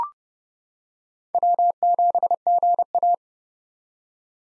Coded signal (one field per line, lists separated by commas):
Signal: Morse code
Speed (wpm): 29 wpm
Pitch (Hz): 700 Hz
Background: none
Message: W7GA